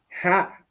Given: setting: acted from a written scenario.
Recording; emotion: vocal sound without words; elation